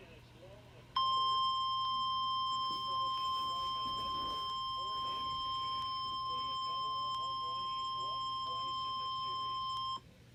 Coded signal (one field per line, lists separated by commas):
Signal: Emergency Alert System (SAME) tones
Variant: 1050 Hz attention tone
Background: speech